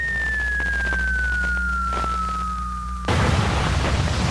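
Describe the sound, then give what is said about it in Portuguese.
A bomb explosion sound effect, a bomb dropped on Júnior Castro's little shop: a steady high whistle slides gradually downward for about three seconds, then a sudden loud, rumbling blast of noise cuts in and keeps roaring to the end. “Solta uma bomba agora lá, vai, lá na lojinha.”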